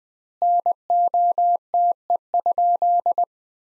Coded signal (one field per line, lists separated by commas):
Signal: Morse code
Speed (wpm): 21 wpm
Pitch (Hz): 700 Hz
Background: none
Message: NOTE?